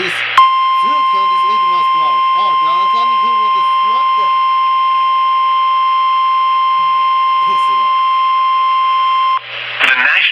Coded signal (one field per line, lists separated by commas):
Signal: Emergency Alert System (SAME) tones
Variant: 1050 Hz attention tone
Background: speech